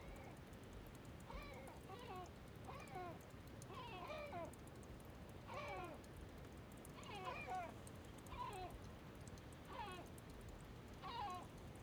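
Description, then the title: Gull calls, several mewing downslurred notes repeated irregularly throughout, fairly quiet over a steady low rushing background like trickling water. Calm gulls flying in a 'ballet' over Bøur, Faroe Islands, with a small stream trickling nearby; recorded in ORTF stereo. "Ballet de mouettes, calmes, 3HWW+78 Bøur, Îles Féroé - Ballet de mouettes, calmes. Ballet de mouettes en vol Féroé"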